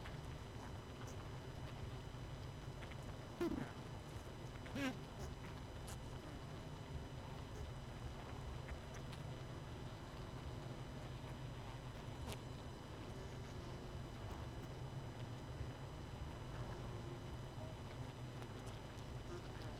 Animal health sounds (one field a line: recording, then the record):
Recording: honeybee colony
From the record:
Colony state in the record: missing queen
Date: 31 May 2018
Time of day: 20:11